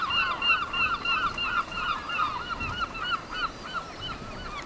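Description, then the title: Seabirds in full chorus, rapid clipped cries tumbling one after another about three per second, many birds overlapping against a constant rushing background. Seabird colony on two islets east of Cap Fréhel, France; 5 June 2009; windy day; birds calling incessantly; mono recording. "Oiseaux marins au Cap Fréhel"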